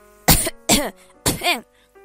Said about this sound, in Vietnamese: Nàng siết chặt tay thành hình nắm đấm, đặt bên miệng ra sức ho khan.